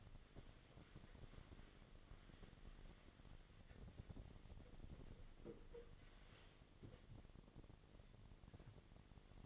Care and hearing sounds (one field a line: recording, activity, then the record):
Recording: daily activity, microphone in the room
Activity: wipe stove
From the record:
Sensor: 4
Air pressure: 1007.8 hPa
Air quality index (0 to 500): 198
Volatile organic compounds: 7 ppm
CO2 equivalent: 1982 ppm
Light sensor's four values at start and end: 23/71/27/26 and 22/70/27/26